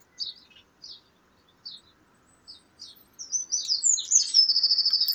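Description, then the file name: Eurasian wren, several short, high ticking notes spaced apart, then a sudden loud burst of rapid twittering ending in a fast trill. "Troglodytes troglodytes"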